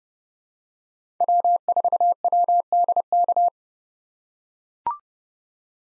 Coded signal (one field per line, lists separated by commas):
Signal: Morse code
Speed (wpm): 30 wpm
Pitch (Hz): 700 Hz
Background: none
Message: W4WDK